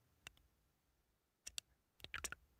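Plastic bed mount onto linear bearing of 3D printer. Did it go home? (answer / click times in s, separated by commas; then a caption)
no / none. A plastic bed mount is handled and pressed toward a linear bearing during a 3D printer conversion. Short sharp clicking sounds are heard near 0.3, 1.5, 1.6 and 2.1 to 2.3 seconds. The part has not seated or clicked home yet.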